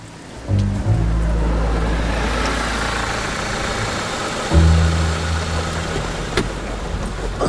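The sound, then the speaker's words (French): A grey car's engine hums low as it pulls onto the roadside shoulder and comes to a stop a few metres further up, settling into an idle beneath a steady wash of hiss, with a second engine swell partway through. “Mais ses pensées sont ailleurs, et déjà le jeune homme court vers la voiture grise qui vient de se rabattre sur le bas-côté et de s'arrêter quelques mètres plus haut.”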